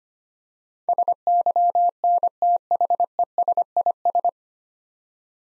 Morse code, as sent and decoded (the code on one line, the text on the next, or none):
... -.-- -. - .... . ... .. ...
SYNTHESIS